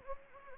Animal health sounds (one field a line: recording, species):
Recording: mosquito wingbeat signal from an infrared sensor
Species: Anopheles gambiae